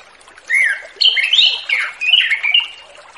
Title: Anis Kembang Ngeplong Santai , Untuk Pancingan Anis Kembang Lepas Trotol